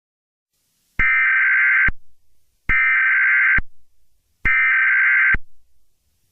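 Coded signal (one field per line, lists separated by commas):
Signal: Emergency Alert System (SAME) tones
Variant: header bursts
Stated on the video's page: Fictional scenario alert, simulated rather than real.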